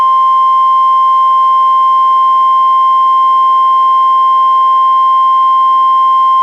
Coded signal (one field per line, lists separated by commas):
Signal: Emergency Alert System (SAME) tones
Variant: 1050 Hz attention tone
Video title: EAS #644: NWR Required Weekly Test- June 22, 2022- 11:08AM PDT